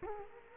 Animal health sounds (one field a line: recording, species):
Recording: mosquito wingbeat signal from an infrared sensor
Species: Culex quinquefasciatus